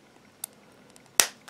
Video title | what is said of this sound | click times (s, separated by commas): LG Optimus L70 Teardown | I heard that snap oh that is connected up there that's why okay | 1.2 s